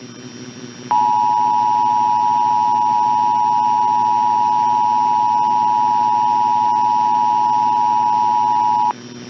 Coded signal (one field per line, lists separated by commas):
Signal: Emergency Alert System (SAME) tones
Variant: 853 and 960 Hz attention tone